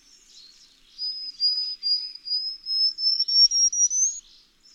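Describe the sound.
Bird song, a thin high whistled phrase of a series of short notes, slowly rising in pitch, after a few faint softer notes; otherwise quiet.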